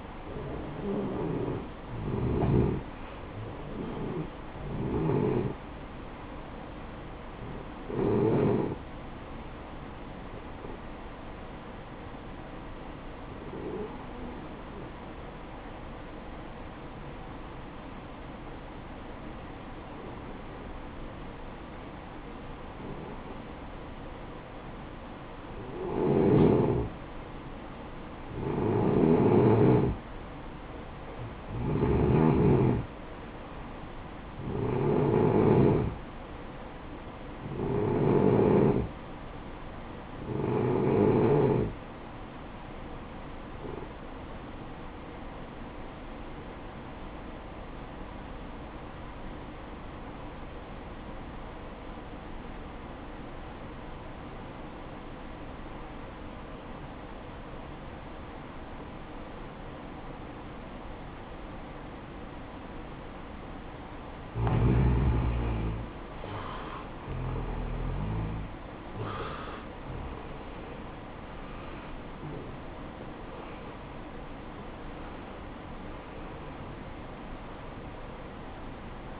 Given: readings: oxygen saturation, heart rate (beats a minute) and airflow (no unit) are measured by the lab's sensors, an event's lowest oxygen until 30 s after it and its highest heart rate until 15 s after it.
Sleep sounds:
breathing in sleep by a voice recorder at the bedside; 2
11.00-29.10 s: hypopnea (N1, oxygen 93% highest, then 90% lowest, heart rate 64 at the start, 64 highest)
14.00-74.00 s: new sleep stage, N2 (light sleep)
48.00-66.30 s: obstructive apnea (N2, oxygen 93% highest, then 86% lowest, heart rate 55 at the start, 74 highest)
74.00-79.20 s: new sleep stage, N1 (lightest sleep)
From the record:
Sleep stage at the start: N1 (lightest sleep); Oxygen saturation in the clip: 87 to 94%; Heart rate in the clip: 54 to 74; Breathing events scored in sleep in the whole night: 573 in 9.8 hours asleep

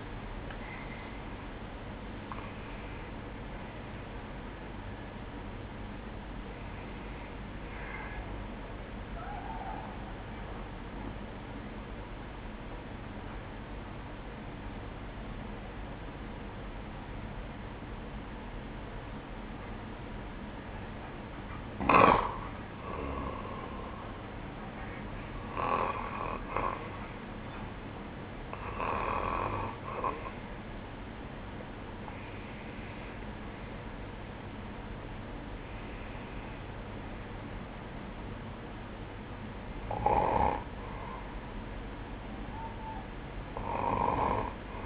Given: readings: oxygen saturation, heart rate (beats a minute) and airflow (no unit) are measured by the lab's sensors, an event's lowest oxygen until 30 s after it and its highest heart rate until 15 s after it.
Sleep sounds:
breathing in sleep by a voice recorder at the bedside; 1
2.00-44.86 s: new sleep stage, N1 (lightest sleep)
11.00-23.40 s: obstructive apnea (N1, oxygen 98% highest, then 94% lowest, heart rate 69 at the start, 69 highest)
From the record:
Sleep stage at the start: N2 (light sleep); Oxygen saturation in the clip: 94 to 98%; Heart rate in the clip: 58 to 82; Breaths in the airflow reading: 9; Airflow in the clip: -13.0 to 11.9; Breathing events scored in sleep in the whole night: 180 in 6.7 hours asleep

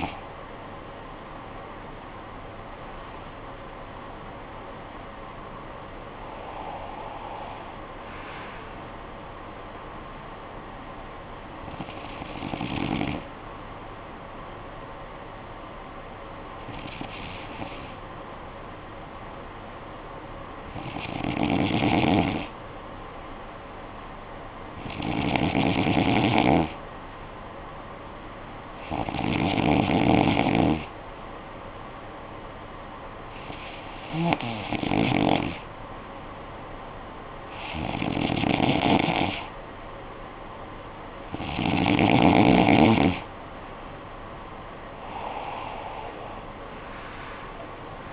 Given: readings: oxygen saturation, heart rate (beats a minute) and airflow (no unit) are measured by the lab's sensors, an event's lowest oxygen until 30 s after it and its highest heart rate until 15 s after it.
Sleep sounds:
breathing in sleep by a voice recorder at the bedside; 1
16.00-43.40 s: hypopnea (N2, oxygen 96% highest, then 92% lowest, heart rate 62 at the start, 85 highest)
32.00-48.13 s: new sleep stage, awake
38.00-48.13 s: awake
From the record:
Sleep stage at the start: N2 (light sleep); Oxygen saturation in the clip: 92 to 96%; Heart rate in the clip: 53 to 70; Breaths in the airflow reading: 12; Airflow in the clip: -12.9 to 11.1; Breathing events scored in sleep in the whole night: 445 in 7.6 hours asleep

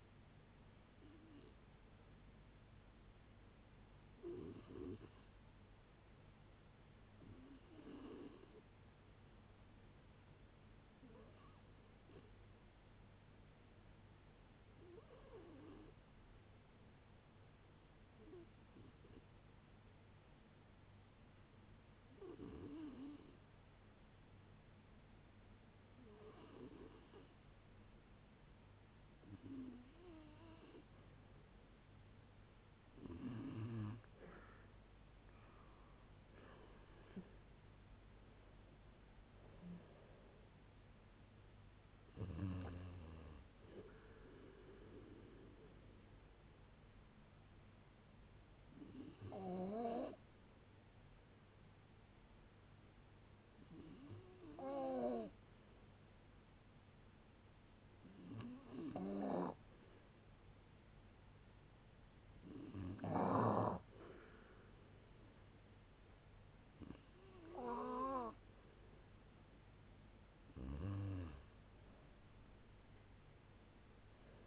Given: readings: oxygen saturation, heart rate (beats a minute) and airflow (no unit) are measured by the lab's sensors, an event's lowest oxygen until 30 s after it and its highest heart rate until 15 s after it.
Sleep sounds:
a person awake in a sleep study, by a voice recorder at the bedside; none
0.00-74.47 s: awake
0.00-74.47 s: awake
From the record:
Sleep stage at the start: awake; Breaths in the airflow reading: 24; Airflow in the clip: -0.7 to 0.8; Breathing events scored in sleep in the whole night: 496 in 5.4 hours asleep

